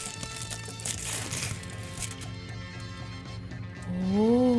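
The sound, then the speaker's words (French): Aluminium foil being unwrapped from a dark chocolate crinkles and rustles in a steady, fairly loud stream of crisp noise for a few seconds, then a short voiced sound rises in pitch at the end. “Là, il y a du papier d'aluminium.”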